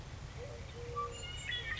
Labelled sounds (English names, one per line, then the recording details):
Eurasian Collared Dove
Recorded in Sonoma County, California